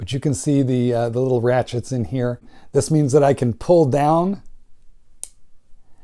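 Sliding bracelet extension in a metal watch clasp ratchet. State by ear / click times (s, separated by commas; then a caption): seated / 5.2 s. Someone talks, then pulls the sliding extension of a steel watch bracelet's Glidelock clasp down over its small ratchet teeth. A single sharp metallic click sounds at 5.2 s as the extension seats into the next notch.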